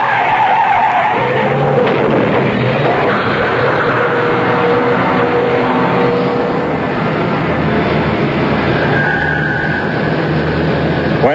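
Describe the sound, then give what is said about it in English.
A car with failed brakes skids loudly for several seconds after running a red light, tires screeching in a long, shrill, wavering squeal over a rumbling engine, with a high whine rising near the end. “Ed, you went right through that red light. The brakes are gone.”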